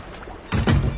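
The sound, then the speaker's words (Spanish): A ship captain shuts the door of his command cabin off the listing bridge, with water waist-high: two heavy, low thuds in quick succession, the second slightly louder, over a steady dull rumble. “Entra en su cabina de mando y cierra la puerta.”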